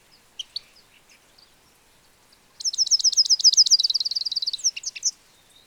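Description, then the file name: European goldfinch calls: a few faint scattered chips, then a long, rapid string of bright, evenly repeated high twittering notes ending in several separate chirps. "Carduelis carduelis"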